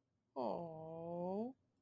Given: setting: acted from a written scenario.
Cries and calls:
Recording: vocal sound without words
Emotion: adoration

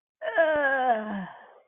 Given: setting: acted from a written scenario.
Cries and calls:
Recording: vocal sound without words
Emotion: disgust

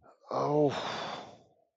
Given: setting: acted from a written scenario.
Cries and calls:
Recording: vocal sound without words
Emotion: distress

